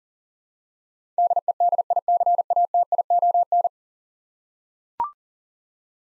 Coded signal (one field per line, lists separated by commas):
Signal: Morse code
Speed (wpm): 37 wpm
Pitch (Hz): 700 Hz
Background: none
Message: DEDICATION